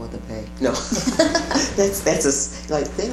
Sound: laughter

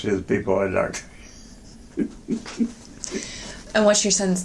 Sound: laughter

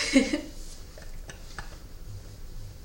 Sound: laugh

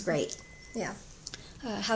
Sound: beeping

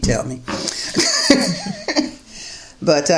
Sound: laughs

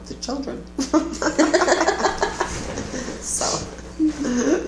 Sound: laughter

